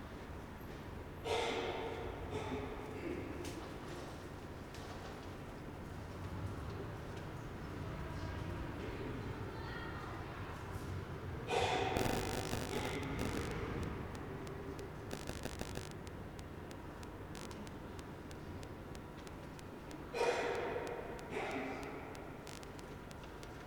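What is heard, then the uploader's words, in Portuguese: A short ride through Puerta del Sol, carried by a steady low rumble of a moving train throughout. Louder bursts of bright screeching and rattling rise around 1, 12, 15 and 20 seconds, then settle back into the even roar. Pequeno percurso na Puerta del Sol.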